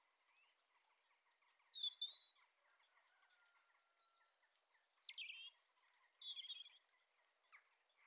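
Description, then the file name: European robin giving two bursts of high, thin, tumbling notes and sharp downward slides, over a persistent rapid ticking chatter in the background. "Erithacus rubecula"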